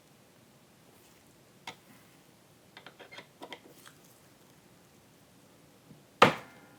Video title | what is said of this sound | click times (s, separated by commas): 8700K Delid & Relid Guide: The dos and don'ts | how does a very satisfying click alright | 6.2 s